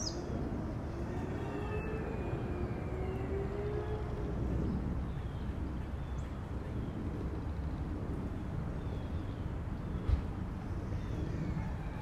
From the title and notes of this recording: Backyard noises # 3 ( no wind sounds ) beautiful crisp bird chirps, airplane flying above.